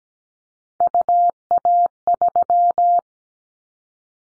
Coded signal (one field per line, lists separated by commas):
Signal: Morse code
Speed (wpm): 17 wpm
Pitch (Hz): 700 Hz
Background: none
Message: UA3